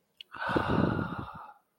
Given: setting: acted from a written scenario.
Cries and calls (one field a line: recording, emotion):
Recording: vocal sound without words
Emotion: serenity